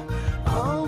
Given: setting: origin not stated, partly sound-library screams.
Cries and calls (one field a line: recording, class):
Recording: one-second piece from a danger detection set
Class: normal situation